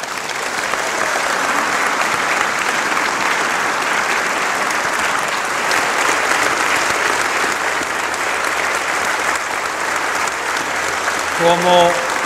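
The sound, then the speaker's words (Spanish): Sustained audience applause, a dense, steady wash of many hands clapping for the whole stretch, with a brief tonal voice or note rising near the end; applause for an audience of married couples at the end of a conference talk by Father Ángel Espinosa de los Monteros. “Como yo siempre digo, el aplauso es para ustedes.”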